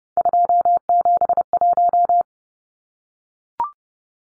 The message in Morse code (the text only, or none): 271